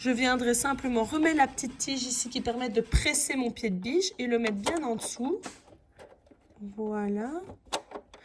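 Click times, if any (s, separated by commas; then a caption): 7.7 s. Someone talks while lowering the presser-foot lever over a metal blind-stitch presser foot on a serger. After quiet handling, a sharp click at 7.7 s marks the foot clipping onto the presser-foot shank, followed by a few faint taps. The presser foot is seated.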